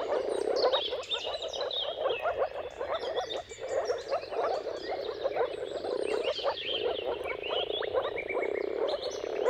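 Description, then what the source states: Moor frog: a chorus of moor frogs, continuous overlapping bubbling calls, with birds singing in the background. Mating-call chorus of moor frogs at sunrise, at the turn of March and April depending on the weather; recorded by Jakub Orzecki.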